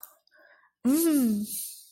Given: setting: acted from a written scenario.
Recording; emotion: vocal sound without words; pride